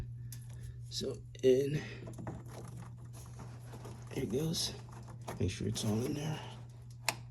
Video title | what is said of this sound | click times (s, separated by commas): Whirlpool Washer - Spinning Unbalanced - | Turn it. That's it. It locks in place. | 7.1 s